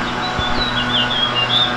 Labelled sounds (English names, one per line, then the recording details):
House Finch song
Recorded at Glen Cove on Long Island, New York, on 14 June 2013
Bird B